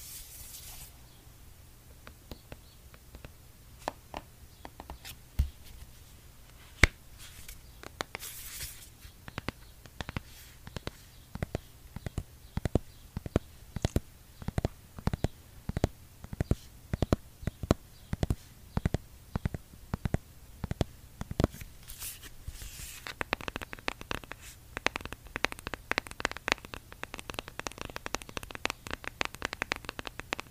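Fingertips tap on an eyeshadow palette in quick irregular bursts of sharp little clicks. The tapping thickens from about nine seconds on, and after twenty-three seconds it turns into denser, softer brushing and scratching. A low steady hum sits underneath.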